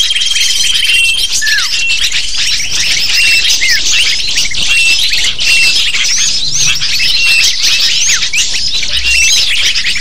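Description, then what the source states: Lovebird flock giving constant shrill squawks and chirps, rapid and overlapping, with a few louder downward-sliding notes standing out. Lovebird calls used as a lure (pikat) to attract lovebirds.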